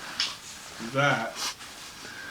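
A flintlock hammer holding a piece of flint is pulled all the way back on the lock until the sear catches, giving a sharp click at 0.2 s as it seats into full cock. Someone talks in the middle of the clip, and a short hiss follows near 1.4 s.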